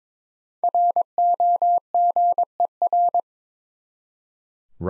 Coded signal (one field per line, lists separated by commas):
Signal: Morse code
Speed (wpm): 22 wpm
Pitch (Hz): 700 Hz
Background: none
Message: ROGER